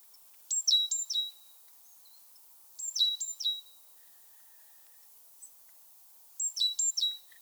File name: Parus major